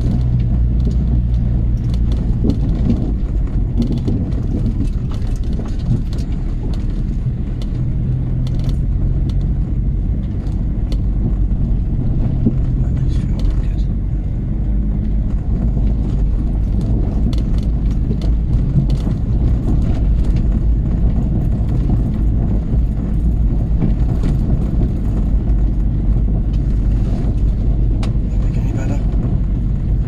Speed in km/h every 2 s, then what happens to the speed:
21, 21, 16, 13, 15, 18, 19, 19, 19, 18, 19, 19, 16, 15, 15.
0-6 slows to 13. 6-12 speeds up to 19. 12-30 steady at about 19.